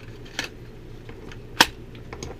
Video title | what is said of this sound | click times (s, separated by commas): 30 july 2016- Client Builds- Delta whiskey Backcountry, JessX, BK9,Bark River etc | Nice positive click. Not coming out of there. Not too hard to get out. | 1.6 s